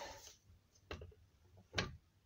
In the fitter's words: that's it it's located on the sun gear now i just heard it click in